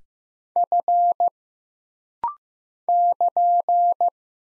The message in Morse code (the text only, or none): F <KN>